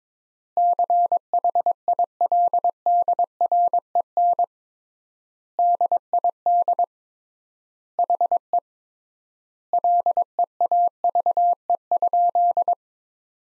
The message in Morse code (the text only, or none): CHILDREN DID HE LEAVE?